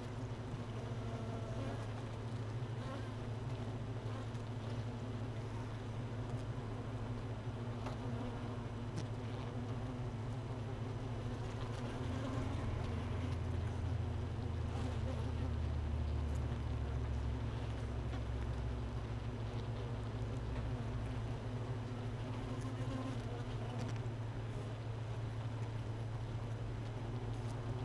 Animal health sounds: honeybee colony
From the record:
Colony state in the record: missing queen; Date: 31 May 2018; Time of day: 13:32

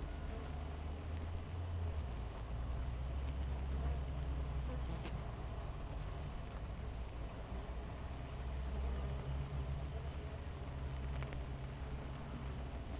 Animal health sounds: honeybee colony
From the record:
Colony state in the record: missing queen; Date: 14 July 2017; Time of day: 6:37

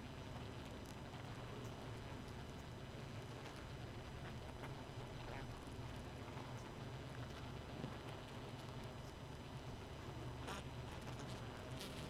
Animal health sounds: honeybee colony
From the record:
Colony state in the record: missing queen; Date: 31 May 2018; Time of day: 1:23

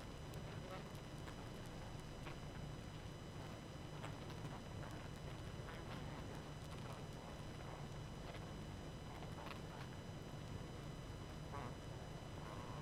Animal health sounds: honeybee colony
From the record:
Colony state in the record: active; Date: 12 June 2018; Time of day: 20:51

